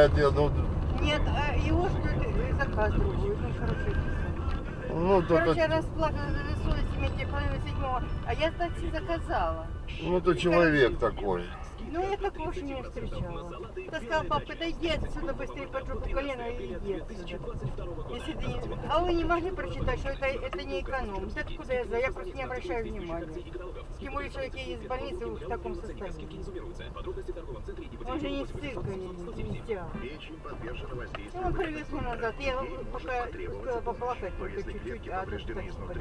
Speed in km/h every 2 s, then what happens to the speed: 28, 31, 30, 23, 13, 7, 5, 3, 5, 5, 7, 6, 6, 6, 4, 3, 6, 9.
4-13 slows to 3. 13-36 steady at about 6.